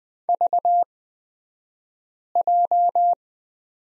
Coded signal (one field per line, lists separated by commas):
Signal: Morse code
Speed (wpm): 20 wpm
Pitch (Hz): 700 Hz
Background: none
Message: VJ